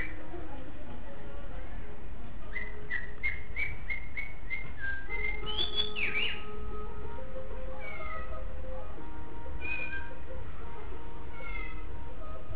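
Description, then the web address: Shama singing a rapid series of short, rising whistled notes, then scattered clear slurred whistles, against constant low-pitched rumble. "shanlung 9 2 song meow 2. shanlung 9 shamasong 2"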